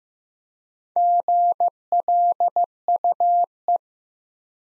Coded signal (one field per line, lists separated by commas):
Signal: Morse code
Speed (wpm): 15 wpm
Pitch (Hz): 700 Hz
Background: none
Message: GLUE